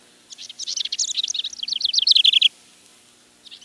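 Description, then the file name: House Wren song: one rushing, gurgling burst of mixed notes that speeds into a rattled trill before stopping, followed by the first notes of another phrase. "1986-06-13 House Wren"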